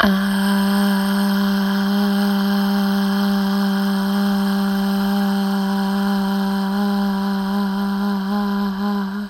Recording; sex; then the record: sustained vowel /a/; female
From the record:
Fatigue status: no fatigue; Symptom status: asymptomatic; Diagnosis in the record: COVID-19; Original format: m4a